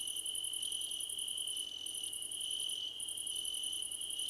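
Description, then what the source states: Cricket chorus with a continuous shrill trill and rapid high pulses in short runs, pausing briefly between bursts. Crickets in a chorus described as a choir competition.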